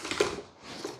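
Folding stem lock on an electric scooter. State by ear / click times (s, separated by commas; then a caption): not seated / none. Someone handles the folding stem lock on a Cunfon RZ800 electric scooter, opening the quick release at the back and raising the stem toward its upright locked position. Short rattling handling noises are heard, sharpest near 0.1–0.2 s, then fade and return faintly. Nothing has seated or clicked yet.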